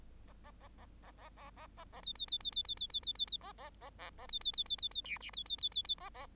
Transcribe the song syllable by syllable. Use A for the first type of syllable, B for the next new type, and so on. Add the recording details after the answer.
A A A A A A A A A A B B B B B B B B B B B A A A A A B B B B B B C D B B B B B A A. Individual Bird8